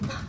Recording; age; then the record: pig call; growing-finishing pig (85 days or more)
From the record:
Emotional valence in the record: positive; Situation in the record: run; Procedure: transit